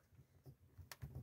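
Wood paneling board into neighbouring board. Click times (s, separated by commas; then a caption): 0.9 s. A tongue-and-groove wood paneling board, held with small short screws, is pushed back into the neighbouring board, and a sharp click sounds at 0.9 s, followed by a softer knock and low rumbling. The board clips back in and stays put.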